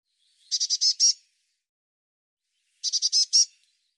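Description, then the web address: Bird calls: two matching bursts of five fast buzzy notes, spaced about two and a half seconds apart, in otherwise silent surroundings. "cianscape birddata Deverinetal 2025 File cleaned normalized Bird Cy Ca"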